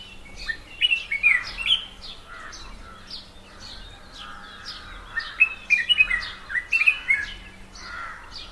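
Red-whiskered bulbul gives bursts of cheerful warbled whistles, pausing between them, over a faint hum.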